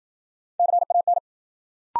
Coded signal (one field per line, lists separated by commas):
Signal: Morse code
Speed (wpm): 53 wpm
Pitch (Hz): 700 Hz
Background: none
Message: CAN